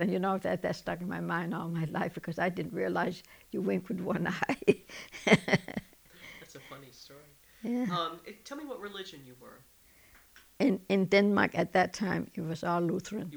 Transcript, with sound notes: And, you know, that stuck in my mind all my life, because I didn't realize you wink with one eye. ( she laughs )
That's a funny story. Um, tell me what religion you were.
In Denmark at that time it was all Lutheran.